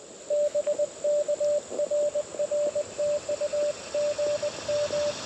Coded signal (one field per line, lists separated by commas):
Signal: Morse code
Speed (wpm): 22 wpm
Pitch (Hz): 590 Hz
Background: radio noise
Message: BK RR TU GM